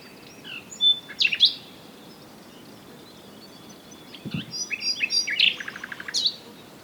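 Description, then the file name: Common nightingale phrases: scattered sharp chirps, a pause, then a build of varied notes including a quick repeated trill near the end, with light background hiss. "Luscinia megarhynchos"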